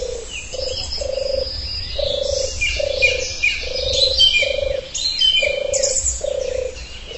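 Bird calls with bright chirps and short twitters, while a low, pulsed note repeats steadily underneath.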